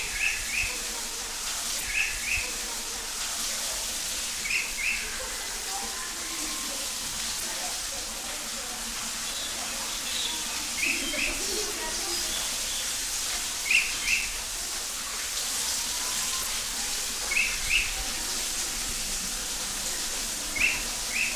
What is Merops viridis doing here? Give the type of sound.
flight call